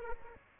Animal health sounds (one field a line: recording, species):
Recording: mosquito wingbeat signal from an infrared sensor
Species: Aedes aegypti